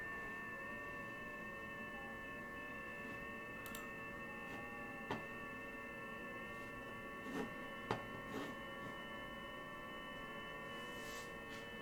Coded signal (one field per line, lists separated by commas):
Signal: FT8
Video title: SunSDR2 in the FT8 mode